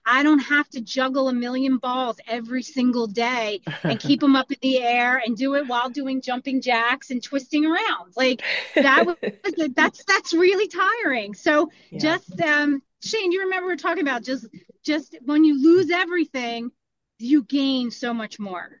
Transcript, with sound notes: I don't have to juggle a million balls every single day-
(laughs)
... and keep 'em up in the air, and do it while doing jumping jacks and twisting around. Like-
(laughs)
... that w- that, that's, that's really tiring. So-
Yeah.
... just, um... Shane, you remember we were talking about just, just when you lose everything, you gain so much more.